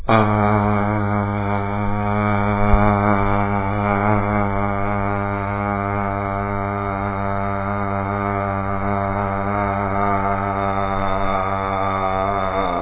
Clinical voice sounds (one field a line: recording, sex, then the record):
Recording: sustained vowel /a/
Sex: male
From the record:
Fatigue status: no fatigue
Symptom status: symptomatic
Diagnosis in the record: COVID-19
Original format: 3gp